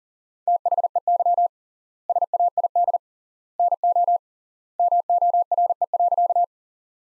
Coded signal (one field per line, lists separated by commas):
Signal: Morse code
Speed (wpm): 40 wpm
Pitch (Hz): 700 Hz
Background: none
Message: THEY SAID NO MORE.